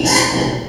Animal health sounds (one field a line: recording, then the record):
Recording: squeal of a Yucatan mini pig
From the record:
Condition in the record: before surgery on the right vocal fold (resection and tissue-engineered implant)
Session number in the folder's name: 2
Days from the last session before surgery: 0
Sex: male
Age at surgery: 12 weeks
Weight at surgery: 13 kg